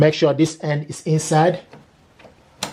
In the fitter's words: push down you hear a click sound the B